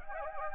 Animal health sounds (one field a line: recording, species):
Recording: mosquito wingbeat signal from an infrared sensor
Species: Anopheles gambiae